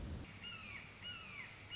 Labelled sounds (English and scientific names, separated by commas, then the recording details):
Red-shouldered Hawk (Buteo lineatus)
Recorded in Sonoma County, California